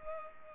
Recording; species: mosquito wingbeat signal from an infrared sensor; Culex pipiens